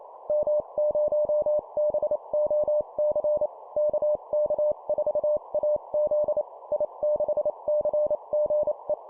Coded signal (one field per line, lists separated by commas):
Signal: Morse code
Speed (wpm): 28 wpm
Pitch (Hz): 600 Hz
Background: none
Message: M0BOC KK4AZ I6CGE